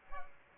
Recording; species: mosquito wingbeat signal from an infrared sensor; Culex pipiens